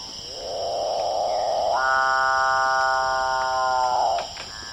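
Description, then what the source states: Capuchinbird call, one long moan opening with a grating growl that shifts into a sustained rich mooing tone for over two seconds, over a constant high drone. Large songbird of South America; air sacs in the throat amplify the call, likened to a cow being sawn in half with a chainsaw.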